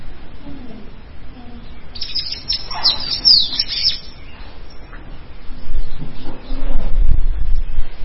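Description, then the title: Bird song in a short burst of rapid, high twittering chirps lasting about two seconds, followed by low rumbling noise. "LuckyPassaro Completos2Sama"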